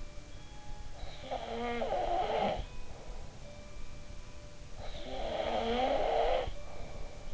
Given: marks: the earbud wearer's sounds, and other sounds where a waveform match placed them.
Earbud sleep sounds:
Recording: sounds in sleep by an in-ear microphone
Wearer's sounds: snoring breath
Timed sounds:
0.00-7.33 s: sound from someone else or the room
0.91-3.31 s: snoring breath
4.78-7.28 s: snoring breath

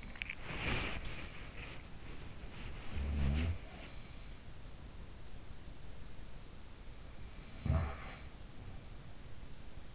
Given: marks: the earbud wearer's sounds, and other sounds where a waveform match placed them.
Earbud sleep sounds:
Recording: sounds in sleep by an in-ear microphone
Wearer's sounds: teeth grinding, body movement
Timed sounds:
0.00-0.44 s: teeth grinding
0.44-3.25 s: body movement
2.50-4.30 s: sound from someone else or the room
7.19-9.00 s: sound from someone else or the room

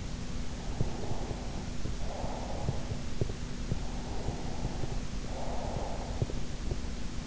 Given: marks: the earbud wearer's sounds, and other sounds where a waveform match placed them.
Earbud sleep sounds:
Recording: sounds in sleep by an in-ear microphone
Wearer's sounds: breath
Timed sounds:
0.76-2.82 s: breath
3.79-6.48 s: breath

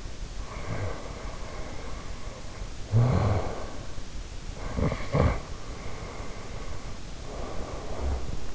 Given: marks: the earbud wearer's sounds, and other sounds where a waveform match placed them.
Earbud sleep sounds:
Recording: sounds in sleep by an in-ear microphone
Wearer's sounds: snoring breath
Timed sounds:
0.37-3.78 s: snoring breath
4.53-8.55 s: snoring breath

